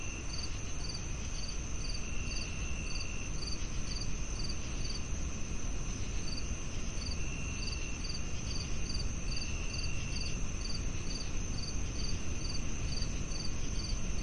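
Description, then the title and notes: Crickets give a steady run of quick, pulsed high chirps with an intermittent shrill trill, layered over a dense background hiss. Night soundscape with chirping crickets on a tranquil evening. "The stage is set with the rhythmic melody of chirping crickets, creating a serene backdrop that evokes the essence of a tranquil evening."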